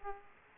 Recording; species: mosquito wingbeat signal from an infrared sensor; Aedes aegypti